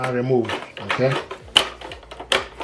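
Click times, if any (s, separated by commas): 1.6 s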